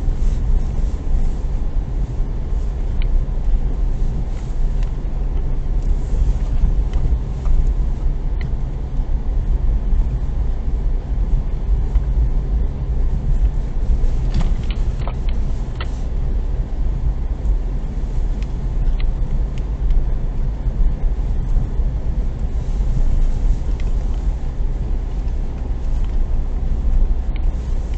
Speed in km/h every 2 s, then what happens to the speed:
20, 19, 19, 20, 19, 19, 19, 19, 18, 19, 19, 18, 18, 19.
0-28 steady at about 19.